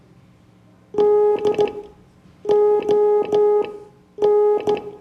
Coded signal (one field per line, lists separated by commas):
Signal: Morse code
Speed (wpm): 14 wpm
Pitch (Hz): 420 Hz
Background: none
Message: DON